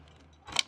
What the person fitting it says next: there. Now it clicked into place.